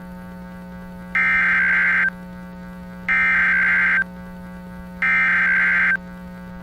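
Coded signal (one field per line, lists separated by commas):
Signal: Emergency Alert System (SAME) tones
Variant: header bursts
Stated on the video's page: Fictional EAS scenario about a scary creature, with sirens credited to other creators.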